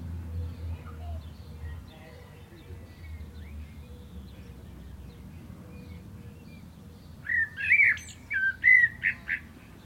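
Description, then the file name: Common blackbird song arriving late: after faint background chirps, a loud mellow whistled phrase with squeaky high flourishes. "Turdus merula"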